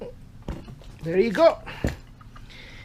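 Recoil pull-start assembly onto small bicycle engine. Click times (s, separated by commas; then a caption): 0.5 s. A recoil pull-start assembly is pushed hard onto an 80cc motorized bicycle engine, giving a short knock at 0.5 s while someone talks. The assembly is on but not all the way in yet.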